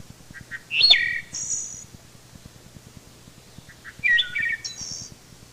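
Wood thrush song: soft low introductory notes, then a fluted, warbling phrase followed by a high, thin trill, given twice.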